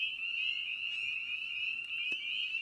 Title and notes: Night of the Peepers. we return to the frog pond for a meditative evening. Spring Peeper (Pseudacris crucifer). Ian Carlsen